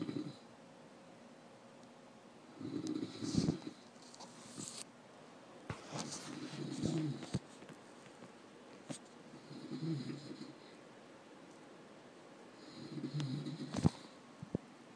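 Four low-pitched snores from a sleeping adult, recurring about every three to four seconds, with quiet pauses between them.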